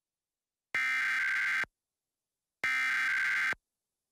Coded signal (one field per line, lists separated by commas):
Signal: Emergency Alert System (SAME) tones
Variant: header bursts